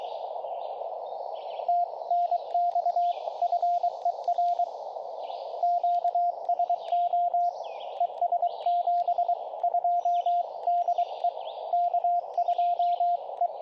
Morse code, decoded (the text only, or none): TNX FER QSO ES 72 DE K2E